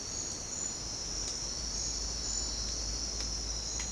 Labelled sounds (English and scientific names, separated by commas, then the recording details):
none
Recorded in secondary vegetation near Puerto Asís, Putumayo, Colombia, on 19 March 2025 at 08:00
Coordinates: 0.484, -76.319
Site G010